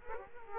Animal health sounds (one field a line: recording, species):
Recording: mosquito wingbeat signal from an infrared sensor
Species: Aedes aegypti